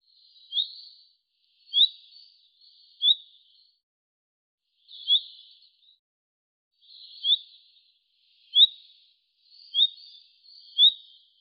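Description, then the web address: Bird calls: eight short upslurred high notes at uneven intervals, over a quiet background. "Deverinetal 2025 Bird Fr Co"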